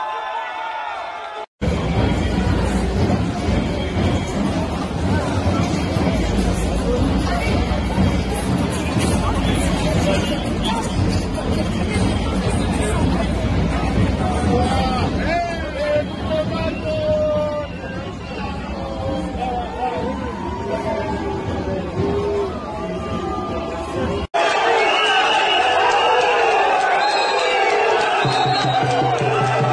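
A crowd of protesters fills a street with dense, constant chatter and raised voices, loud throughout. A brief cut comes near the start and another around twenty-four seconds, after which the scene continues with voices and a low rumble beneath.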